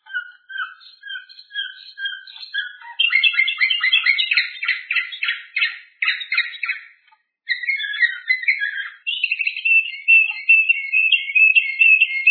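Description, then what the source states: Bird song starting with spaced short whistles, building into loud rapid chattering phrases, a brief gap, more chatter, then a fast high warbling trill. Masteran tutor recording.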